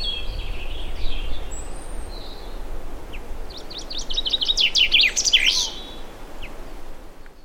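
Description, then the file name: Common chaffinch giving a quick descending trill of sharp notes that ends in a brief flourish, preceded by softer chirps over steady background rumble. "Fringilla coelebs"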